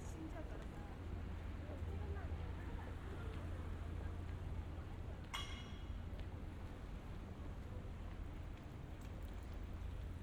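A busy street scene while walking, with a steady low rumble of traffic and crowd noise filling the whole clip. Voices murmur indistinctly throughout, and a sharp clattering sound stands out just past five seconds, with a few lighter clicks near the end.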